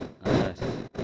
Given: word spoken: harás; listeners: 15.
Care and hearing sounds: one Spanish word in noise, from a listening test; noise modulated by one talker; -10.0 dB; 1 of 15; 6 of 15; 0.64 s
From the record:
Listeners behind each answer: 6, 2, 1, 1, 1, 1, 1, 1, 1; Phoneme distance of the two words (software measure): 7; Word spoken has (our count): 2 syllables, 4 phonemes, stress on syllable 2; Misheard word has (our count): 2 syllables, 5 phonemes, stress on syllable 2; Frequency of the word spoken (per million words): 2.41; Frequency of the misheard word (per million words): 110.03

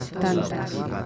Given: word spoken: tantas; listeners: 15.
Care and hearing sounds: one Spanish word in noise, from a listening test; eight-talker babble; -0.1 dB; 0 of 15; 11 of 15; 0.66 s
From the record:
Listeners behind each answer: 11, 1, 1, 1, 1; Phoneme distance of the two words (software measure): 10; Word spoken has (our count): 2 syllables, 6 phonemes, stress on syllable 1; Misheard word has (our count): 2 syllables, 6 phonemes, stress on syllable 1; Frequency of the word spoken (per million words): 64.07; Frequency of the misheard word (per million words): 0.43

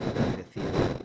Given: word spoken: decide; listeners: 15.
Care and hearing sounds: one Spanish word in noise, from a listening test; noise modulated by one talker; -11.8 dB; 1 of 15; 10 of 15; 0.65 s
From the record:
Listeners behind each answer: 10, 1, 1, 1, 1, 1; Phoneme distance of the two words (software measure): 17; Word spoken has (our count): 3 syllables, 6 phonemes, stress on syllable 2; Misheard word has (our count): 2 syllables, 5 phonemes, stress on syllable 2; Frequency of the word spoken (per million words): 24.54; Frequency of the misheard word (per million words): 503.85

